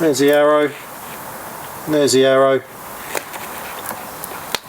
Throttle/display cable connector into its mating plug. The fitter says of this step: push it all the way until it clicks